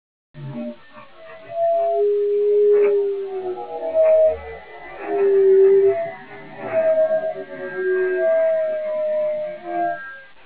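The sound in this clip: Whale calls: a series of long, smooth tonal moans, some gently rising or falling, often with fainter parallel tones above.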